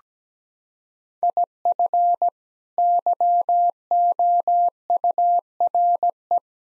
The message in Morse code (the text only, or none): IF YOURE